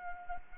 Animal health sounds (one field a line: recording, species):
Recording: mosquito wingbeat signal from an infrared sensor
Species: Anopheles arabiensis